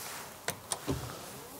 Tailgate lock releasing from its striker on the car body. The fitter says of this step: ja das hab ich jetzt gerade gehört dieses knall beim öffnen